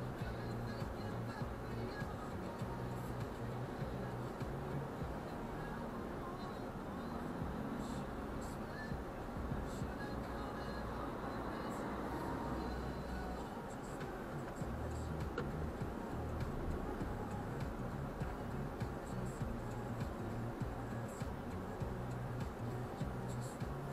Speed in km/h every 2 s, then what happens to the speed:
2, 1, 1, 0, 0, 2, 2, 2, 1, 4, 7, 7.
0-16 standing. 16-20 pulls away to 7.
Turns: none.